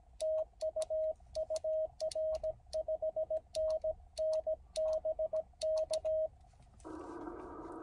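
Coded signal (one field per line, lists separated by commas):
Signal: Morse code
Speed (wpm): 18 wpm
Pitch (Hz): 630 Hz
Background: radio noise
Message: TU UR 5NN BK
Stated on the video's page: Amateur CW from Parks on the Air activations at two Japanese parks.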